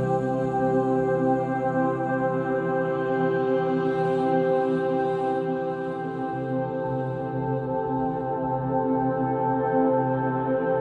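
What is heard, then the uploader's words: Binaural beats: a dense, unbroken stack of sustained tones, strongest in the low and middle range, holding at a steady level for the whole clip. Faint shimmering brightness on top thins out after about six seconds, leaving the low drone to carry on unchanged. Binaural Beats.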